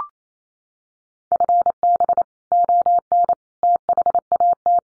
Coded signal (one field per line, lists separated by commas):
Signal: Morse code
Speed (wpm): 28 wpm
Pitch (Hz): 700 Hz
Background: none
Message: FB ON THAT